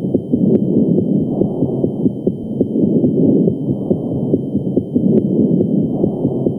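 Loud, harsh, hollow airflow noise with little quiet between breaths, and faint regular heartbeat thumps beneath it, heard over an adult chest. These are bronchial breath sounds, the tubular breathing normally heard over the trachea and large airways.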